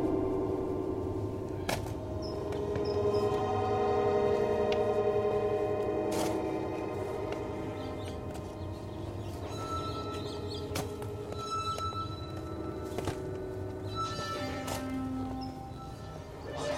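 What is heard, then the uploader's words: Slow, sustained synth tones hold long notes and swell gently, thick in the low and middle range. Sharp clicks and knocks from yard work cut through every second or two, loudest around the two, six, eleven and thirteen second marks, over a low steady rumble. A stereo recording of working in the yard and slow meditative synths.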